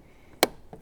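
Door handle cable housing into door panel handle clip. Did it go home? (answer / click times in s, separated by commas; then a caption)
yes / 0.4 s. While reinstalling the door panel on a 2016–2023 Toyota Tacoma during a Kicker speaker upgrade, the door handle cable's ball end is hooked into its slot and the plastic cable housing is pushed into the door panel handle clip. A sharp, bright snap is heard at 0.4 s, followed by a much fainter tick around 0.7 s. The cable housing is seated in its clip.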